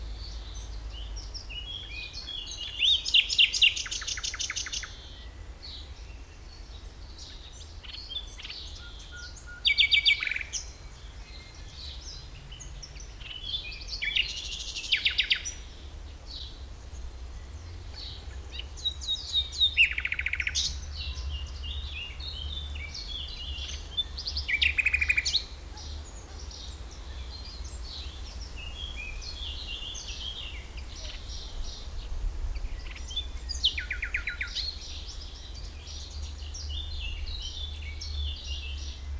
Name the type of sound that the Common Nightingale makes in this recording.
song